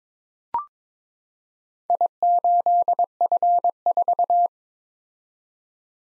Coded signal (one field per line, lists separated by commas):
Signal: Morse code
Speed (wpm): 21 wpm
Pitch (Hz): 700 Hz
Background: none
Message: I8F4